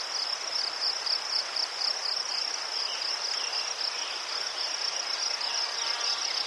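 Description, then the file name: Crickets keep up a continuous high, pulsed chirping, with a faint hiss and occasional soft bird notes behind. Crickets in a forest, with birds and a river in the distance. "les sverchki ptici i shum reki vdaleke"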